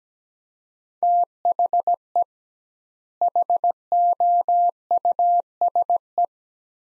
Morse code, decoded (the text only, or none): THE HOUSE